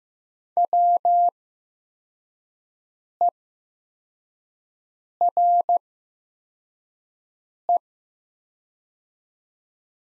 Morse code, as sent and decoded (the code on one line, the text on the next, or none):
.-- . .-. .
WERE